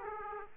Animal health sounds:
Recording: mosquito wingbeat signal from an infrared sensor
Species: Aedes aegypti

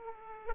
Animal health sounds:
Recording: mosquito wingbeat signal from an infrared sensor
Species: Aedes aegypti

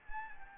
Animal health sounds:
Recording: mosquito wingbeat signal from an infrared sensor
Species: Anopheles gambiae

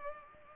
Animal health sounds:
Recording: mosquito wingbeat signal from an infrared sensor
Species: Culex pipiens

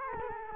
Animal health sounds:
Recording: mosquito wingbeat signal from an infrared sensor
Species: Culex quinquefasciatus

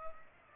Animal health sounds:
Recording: mosquito wingbeat signal from an infrared sensor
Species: Culex pipiens

